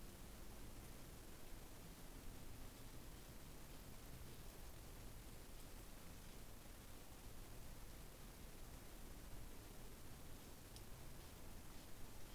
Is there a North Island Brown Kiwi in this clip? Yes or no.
no